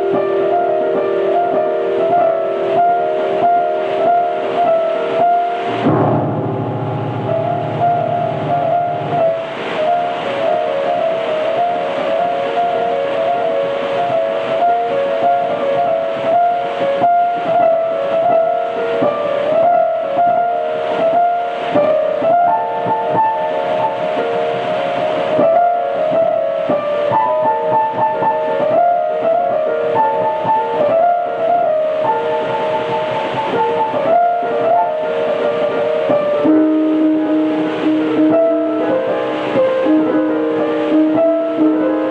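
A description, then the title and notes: Piano improvisation plays through a dense, steady clatter of heavy hail and rain that never lets up. Around six seconds a deep thunder rumble rolls in and fades by about nine seconds, while the piano keeps wandering through midrange chords and short melodic runs. August Hail. A little improvisation on my piano in the conservatory during a heavy hail and thunderstorm.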